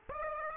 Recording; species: mosquito wingbeat signal from an infrared sensor; Aedes aegypti